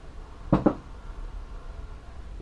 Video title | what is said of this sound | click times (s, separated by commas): Honda Rincon Axle HOW TO REASSEMBLE FRONT AXLE | you pretty much just jam it on there, and you'll hear a little click. We're going to just lock in. | 0.5 s, 0.7 s